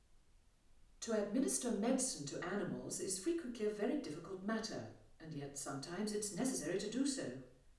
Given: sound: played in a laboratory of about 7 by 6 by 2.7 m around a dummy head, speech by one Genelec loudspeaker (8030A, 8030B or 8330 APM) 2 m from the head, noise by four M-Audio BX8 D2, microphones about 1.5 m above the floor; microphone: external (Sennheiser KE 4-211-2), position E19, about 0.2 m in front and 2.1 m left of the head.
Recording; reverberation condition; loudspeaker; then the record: female speech in English; medium; 30 degrees to the right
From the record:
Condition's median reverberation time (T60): about 510 ms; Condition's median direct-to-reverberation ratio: about -0.5 dB